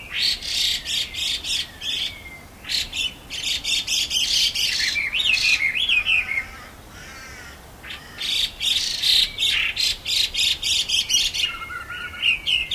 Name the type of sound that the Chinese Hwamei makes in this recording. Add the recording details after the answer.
call. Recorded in captivity. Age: adult. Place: Tierpark Berlin, Berlin, DE. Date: 1993-12-18. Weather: overcast, 2 °C. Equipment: Marantz CP 430, Sennheiser MKH 416 T, Kopie Uher Variocord 263. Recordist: Tembrock, Günter